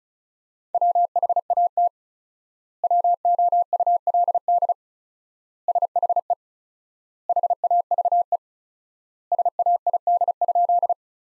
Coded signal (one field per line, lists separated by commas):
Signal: Morse code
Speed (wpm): 36 wpm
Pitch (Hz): 700 Hz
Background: none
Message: WHAT WOULD SHE HAVE SAID?